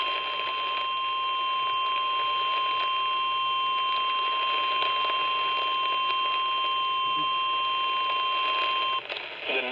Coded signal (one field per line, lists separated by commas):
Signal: Emergency Alert System (SAME) tones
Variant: 1050 Hz attention tone